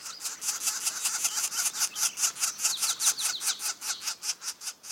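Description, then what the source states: Northern flicker calling: harsh, high, raspy notes repeated rapidly and steadily for the whole stretch. Young bird calling from the ground; juveniles leave the nest at 3 or 4 weeks old and forage mostly on the ground.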